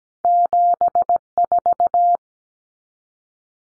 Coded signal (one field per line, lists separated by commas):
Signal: Morse code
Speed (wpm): 17 wpm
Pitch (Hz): 700 Hz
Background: none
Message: 74